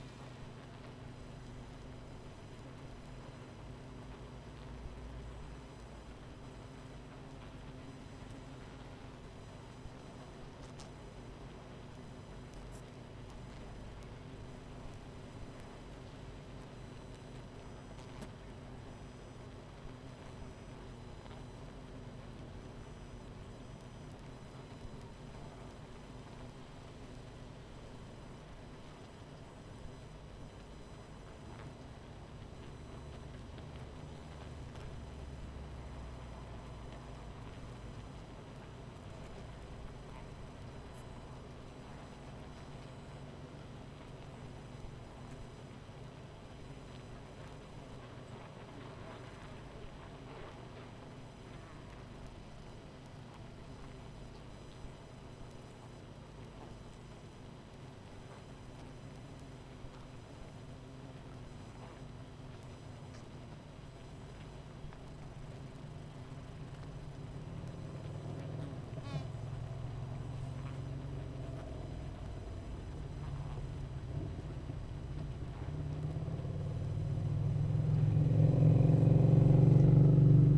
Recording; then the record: honeybee colony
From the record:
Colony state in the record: missing queen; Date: 14 July 2017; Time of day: 21:50